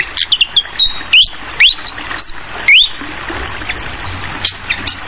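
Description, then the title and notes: Fantail song of clear whistled notes, several sweeping upward, spaced by brief pauses, with a soft steady hiss underneath. Tutoring recording (masteran) for training songbirds, clear voice, mixed with the sound of flowing water. "Masteran Sikatan Kipas Suara Jernih Dan Suara Gemericik Air. Suara Burung Sikatan Londo"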